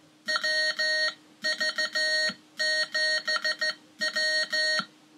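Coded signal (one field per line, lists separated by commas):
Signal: Morse code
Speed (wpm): 14 wpm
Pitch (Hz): 1850 Hz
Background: none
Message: WV7W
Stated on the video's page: Morse sent on a micro straight key and a pocket paddle in demos of portable CW keys.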